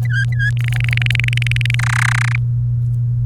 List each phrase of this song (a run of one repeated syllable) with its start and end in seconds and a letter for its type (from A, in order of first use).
0.05-0.50 A, 0.57-1.75 B, 1.79-2.36 C